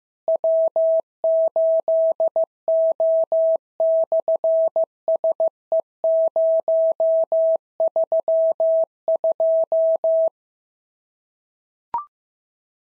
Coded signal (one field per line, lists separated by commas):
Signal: Morse code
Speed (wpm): 15 wpm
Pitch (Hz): 650 Hz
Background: none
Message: W8O/SE032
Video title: SOTA QSO Practice 15wpm